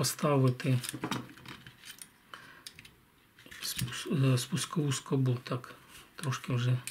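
An AR-15 trigger guard is handled at the lower receiver while someone talks, with small sharp metallic ticks and taps between the speech. Nothing has seated or clicked into place yet.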